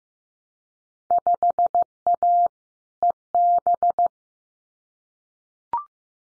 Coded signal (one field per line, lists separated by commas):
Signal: Morse code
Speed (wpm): 15 wpm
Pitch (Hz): 700 Hz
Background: none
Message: 5A EB